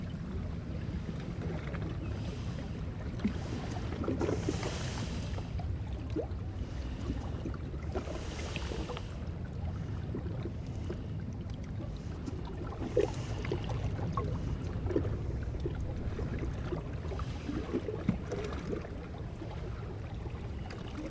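Water flows steadily into a small inlet, a dense low churning rumble with brief brighter splashes and gurgles every few seconds.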